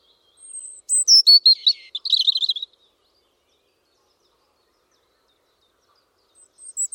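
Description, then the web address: European robin song: a quick tumbling phrase of thin high whistles and trills over about two seconds, then silence before a new phrase begins near the end. "Deverinetal 2025 File origin Bird Only Er Ru"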